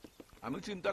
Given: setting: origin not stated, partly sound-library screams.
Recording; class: one-second piece from a danger detection set; normal situation